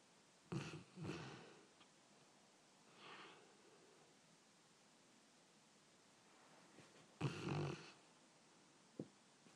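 A dog snores in a quiet room: short, low, rough fluttering bursts come in a pair, then a fainter one and another a few seconds later, with long quiet gaps between breaths. A small click follows near the end.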